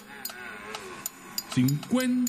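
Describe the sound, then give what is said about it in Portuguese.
A voice imitates a cow mooing: two low, droning moos near the end, the second one longer and steady, after a stretch of faint rustling and soft clicks. “La vaca.”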